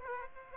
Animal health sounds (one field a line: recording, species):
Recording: mosquito wingbeat signal from an infrared sensor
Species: Aedes aegypti